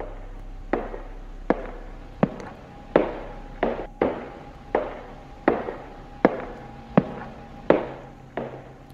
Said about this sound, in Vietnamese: Bởi vì bây giờ đang là ban đêm, có lẽ mẹ gã cũng đã đi ngủ, không còn choa choa mắng ở ngoài kia nữa. Cho nên cái âm thanh đấy nó rõ lắm, là tiếng bước chân.